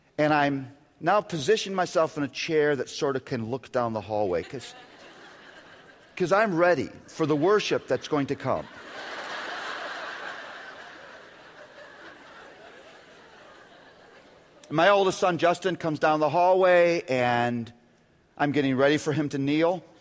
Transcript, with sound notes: And I’ve now positioned myself in a chair that can sort of look down the hallway, because I’m ready for the worship that’s going to come. (laughter) My oldest son, Justin, comes down the hallway, and I’m getting ready for him to kneel,